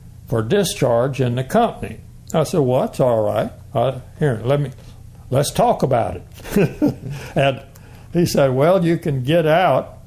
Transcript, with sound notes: “for discharge in the company.” I said, “well that’s all right, I, here let me, let’s talk about it”. [Chuckling] And he said, “well, you can get out,”